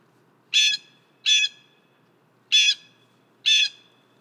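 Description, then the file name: Blue jay giving four harsh, noisy squawks, each about a quarter second long, spaced roughly a second apart, with a quiet background. "Blue Jay - Cyanocitta cristata"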